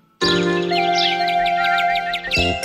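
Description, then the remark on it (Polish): Sparrows chirp in a quick, rhythmic run of high, bright tweets, layered over a steady musical backing with sustained tones throughout, in a Kaufland advertisement broadcast on Polish Radio Trójka. “Ćwierkają wróbelki od samego rana.”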